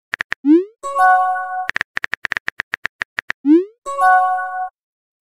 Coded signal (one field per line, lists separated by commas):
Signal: none